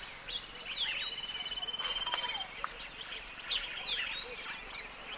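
Bird chirps, short high sharp notes repeated in quick bursts over steady background hiss.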